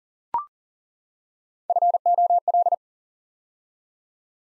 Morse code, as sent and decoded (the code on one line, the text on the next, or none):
..-. --- .-..
FOL